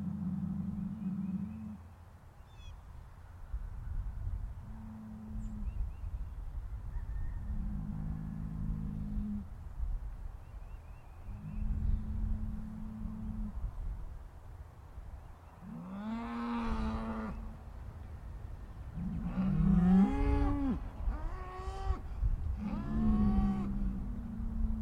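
Cows moo back and forth, starting with several low, short lows in the first half and building to longer, louder calls with rising and falling pitch between about 15 and 24 seconds. A steady low rumble runs underneath throughout.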